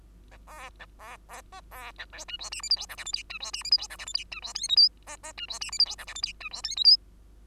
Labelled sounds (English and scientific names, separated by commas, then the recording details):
Bengalese Finch (Lonchura striata domestica) song
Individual Bird2